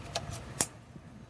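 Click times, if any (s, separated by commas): 0.6 s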